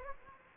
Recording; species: mosquito wingbeat signal from an infrared sensor; Anopheles gambiae